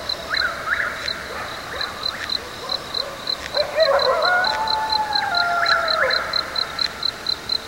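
Coyote calls, wavering howls and yips sliding up and down, with a rapid, regular high ticking throughout.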